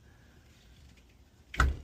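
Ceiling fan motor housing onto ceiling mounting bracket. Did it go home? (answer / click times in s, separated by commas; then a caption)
yes / 1.5 s, 1.6 s. A ceiling fan motor housing is turned on its ceiling mounting bracket until a slot in the housing drops onto the bracket tab and locks in place, a security measure to keep the fan from wobbling. After a quiet stretch with a faint low hum, a sharp metallic click comes at 1.5 s and a louder one at 1.6 s as the housing seats.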